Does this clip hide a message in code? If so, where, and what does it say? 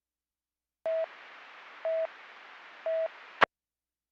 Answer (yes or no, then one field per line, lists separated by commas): no